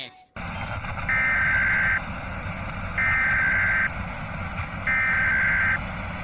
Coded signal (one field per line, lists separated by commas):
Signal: Emergency Alert System (SAME) tones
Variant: header bursts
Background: speech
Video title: SCP 2316 EAS ALERT • Horror attempt •